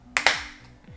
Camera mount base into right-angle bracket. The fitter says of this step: going to snap it into the back